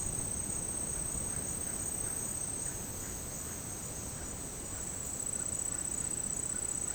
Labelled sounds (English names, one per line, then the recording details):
Russet-backed Oropendola
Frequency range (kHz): Russet-backed Oropendola 0.6-2.9 kHz
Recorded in dense forest near Puerto Asís, Putumayo, Colombia, on 21 February 2024 at 08:30
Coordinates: 0.486, -76.316
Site G6437